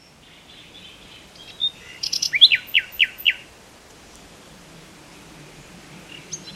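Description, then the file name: Common nightingale song: a few thin whistles, then a fast series of loud downward-sweeping notes, followed by quiet pauses and a faint closing note. "Luscinia megarhynchos"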